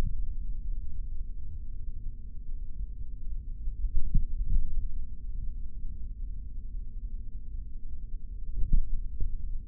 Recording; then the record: forearm muscle sounds (acoustic myography)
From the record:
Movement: finger pinch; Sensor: system 3, bracelet of six PUI Audio POM-2738L microphones around the upper forearm, with dedicated amplification and filtering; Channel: 3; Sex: male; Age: 26 years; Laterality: right